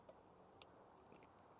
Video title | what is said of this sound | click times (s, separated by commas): Skoda Fabia VRS SE fixes, tinkering and valet plus Subaru Forester STI final look before paint | get a little click and that's in | 0.6 s